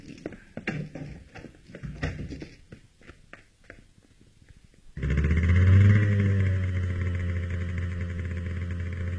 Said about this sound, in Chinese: 当刘金骑着摩托车在黑夜中消失时，